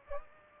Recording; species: mosquito wingbeat signal from an infrared sensor; Aedes aegypti